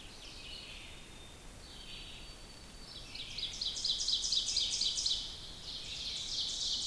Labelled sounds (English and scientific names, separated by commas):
Ovenbird (Seiurus aurocapilla) song